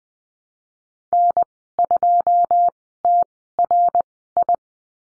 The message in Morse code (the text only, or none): N2TRI